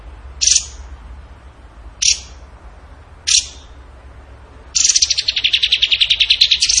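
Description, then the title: Bird song: three sharp, high chips spaced over three seconds, then a long, rapid, pulsing trill of high notes. Bird song in the tembakan gacor style, used for masteran training. "Masteran Burung Tembakan Gacor"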